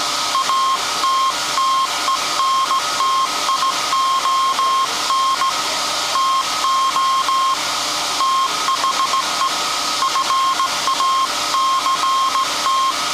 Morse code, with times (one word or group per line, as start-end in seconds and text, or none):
0.3-5.5 ATTENTION
6.2-7.5 TO
8.2-9.5 THE
10.0-12.9 FACT